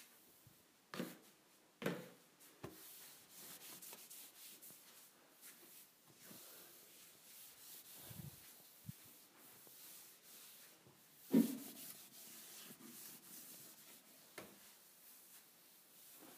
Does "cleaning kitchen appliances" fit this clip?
yes